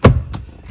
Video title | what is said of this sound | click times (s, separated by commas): 2018 Toyota Tundra Interior De-chrome | push down like that and you can hear it click and you can hear that last snap click but it all clips back into place | 0.1 s